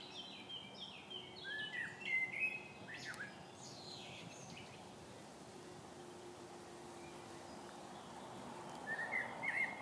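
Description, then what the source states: Bird song: scattered short whistled and buzzy phrases near the start, a quiet stretch, then more chirping notes near the end, over steady low background noise. 2015.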